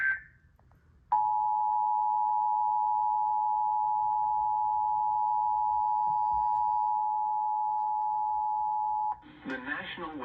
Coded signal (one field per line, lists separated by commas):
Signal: Emergency Alert System (SAME) tones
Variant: 853 and 960 Hz attention tone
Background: speech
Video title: SVR on WKOH-TV (EAS #122)